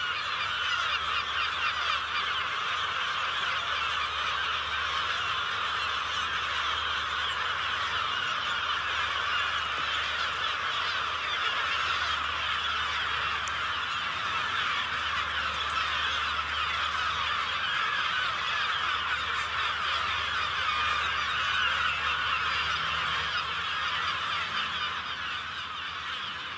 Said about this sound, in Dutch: daar tussen de meeuwen. Fijn geluid.